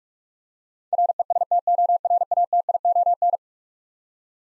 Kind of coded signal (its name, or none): Morse code